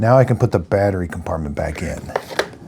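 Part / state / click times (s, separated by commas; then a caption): battery compartment into mop handle / not seated / none. Someone talks while handling the plastic battery compartment of a Swiffer WetJet floor mop, getting ready to push it back into the mop handle. Brief handling sounds are heard under the speech, but nothing has seated or clicked yet.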